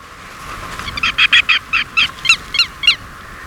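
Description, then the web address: Andean lapwing uttering a series of grating, nasal notes, a few per second, over a steady background hiss. Recorded in Ecuador. "Birds of Ecuador. Andean Lapwing"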